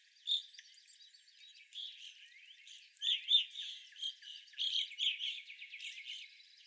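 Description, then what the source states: Evening grosbeaks chatter with rapid, bunched chirps that grow busier in the second half, over soft background twittering. Several evening grosbeaks recorded on 25 April 2021.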